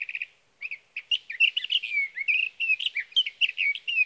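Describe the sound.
Sage thrasher song opening with a brief rapid trill, a short pause, then a fast continuous warble of slurred whistled notes.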